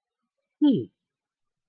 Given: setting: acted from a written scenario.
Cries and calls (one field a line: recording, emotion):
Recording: vocal sound without words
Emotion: interest